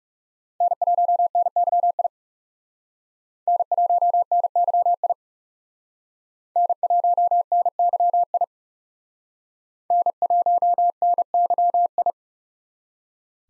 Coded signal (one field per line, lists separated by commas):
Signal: Morse code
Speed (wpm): 38 wpm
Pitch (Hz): 700 Hz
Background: none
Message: N1NYI N1NYI N1NYI N1NYI